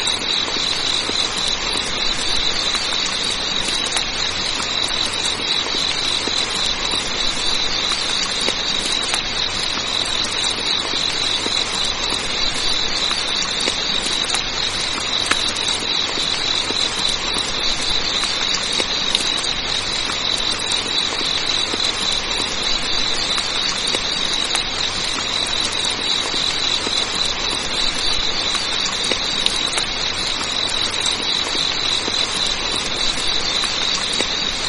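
Steady rain falls throughout, a dense, even hiss spread from low to high with no pauses or build. A thin, constant high whine sits above it like insects, and faint low hum lingers underneath, with a few soft scattered ticks.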